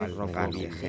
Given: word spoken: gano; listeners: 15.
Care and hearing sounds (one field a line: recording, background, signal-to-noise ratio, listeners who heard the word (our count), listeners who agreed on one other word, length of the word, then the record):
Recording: one Spanish word in noise, from a listening test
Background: four-talker babble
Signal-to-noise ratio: -0.5 dB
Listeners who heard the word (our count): 0 of 15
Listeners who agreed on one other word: 9 of 15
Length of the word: 0.49 s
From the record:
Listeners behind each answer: 9, 2, 2, 1, 1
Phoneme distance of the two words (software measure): 41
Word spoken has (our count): 2 syllables, 4 phonemes, stress on syllable 1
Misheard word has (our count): 2 syllables, 5 phonemes, stress on syllable 1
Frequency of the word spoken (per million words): 2.41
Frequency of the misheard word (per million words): 20.95